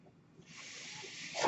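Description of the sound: A soft, rising, airy hiss of airflow as a home mechanical ventilator delivers a breath.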